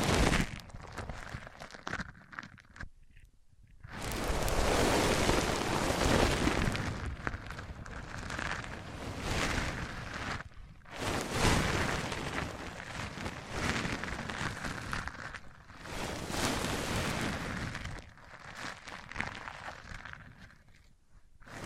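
A microphone is rubbed across a surface, giving a dense, scratchy rushing noise that swells and fades in long strokes. Brief near-silent gaps break it up around three, ten and fifteen seconds, and the rubbing resumes each time with a low rumble underneath.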